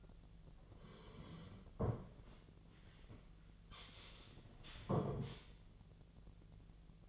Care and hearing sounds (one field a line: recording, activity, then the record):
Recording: daily activity, microphone in the room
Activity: sit down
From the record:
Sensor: 4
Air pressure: 1008.7 hPa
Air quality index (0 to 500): 171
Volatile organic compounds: 5 ppm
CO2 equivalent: 1717 ppm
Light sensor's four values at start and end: 23/72/27/26 and 23/72/27/26